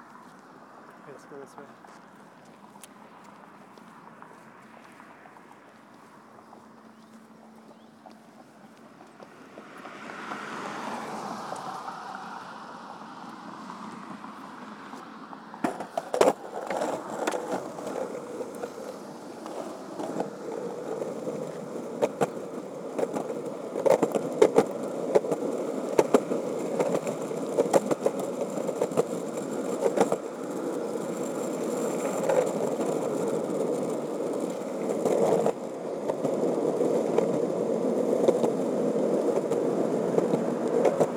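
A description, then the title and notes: Skateboard wheels roll over pavement, starting as a quiet, low rumble for the first ten seconds, then a brief whooshing swell around ten seconds. From about sixteen seconds the rolling grows louder and grittier, broken by frequent sharp clacks and knocks through to the end. I grabbed my board and started skating.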